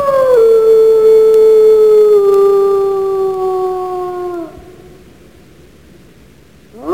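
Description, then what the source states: Wolf howling, one long steady tone that slowly slides lower over four seconds and fades, followed by quiet and the start of a new rising howl. At night.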